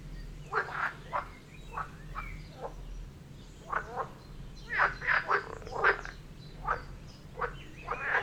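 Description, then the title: Frog chorus with many short croaking calls, several bunching together midway through, over a faint low hum. Frog chorus near Vellerner Brook in Neubeckum, recorded at 2pm, binaural recording. "Frog concert near Vellerner Brook in Neubeckum - 2pm"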